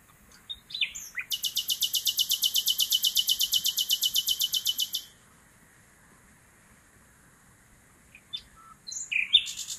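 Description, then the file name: Common nightingale song with a few short notes, then a long, rapid, rhythmic trill, ending before fresh chirps. "Luscinia megarhynchos"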